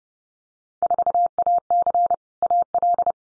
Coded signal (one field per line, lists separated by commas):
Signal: Morse code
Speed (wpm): 30 wpm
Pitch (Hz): 700 Hz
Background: none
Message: 4AC AL